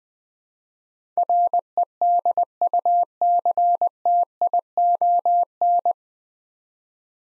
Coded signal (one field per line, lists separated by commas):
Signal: Morse code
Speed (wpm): 20 wpm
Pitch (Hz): 700 Hz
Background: none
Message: REDUCTION